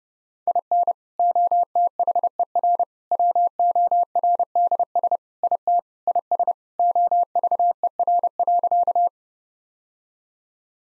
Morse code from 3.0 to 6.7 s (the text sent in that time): WORDS IT IS